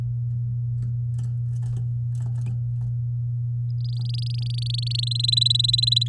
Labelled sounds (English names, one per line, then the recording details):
Domestic Canary song
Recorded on 9 May 2018 at 06:13
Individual llb16